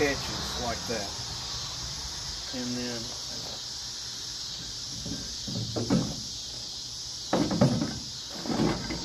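Someone talks while handling the steel locking pin of a mini excavator attachment quick coupler, with squealing tones early on and scraping handling sounds, including a brief louder burst around 7.3 s. Nothing has seated or clicked yet; the pin is still being handled and is not yet home.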